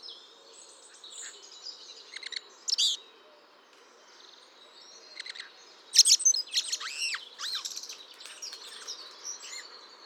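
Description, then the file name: Eurasian blackbird delivering scattered squeaky chirps, then a busier run of arching, swooping whistles and twitters in the second half. "Turdus merula"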